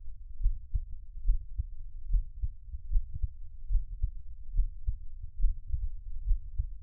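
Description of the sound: A heartbeat close to the microphone, about 71 beats per minute, low and thumping, with no talking; an ASMR-style recording of the creator's own heartbeat.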